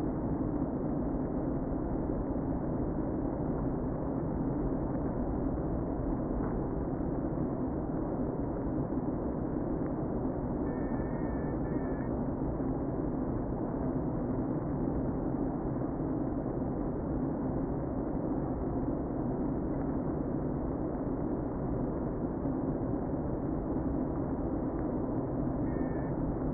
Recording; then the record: honeybee colony, microphone inside the hive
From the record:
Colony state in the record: queen present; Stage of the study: before two queens were removed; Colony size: about 60,000 bees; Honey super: yes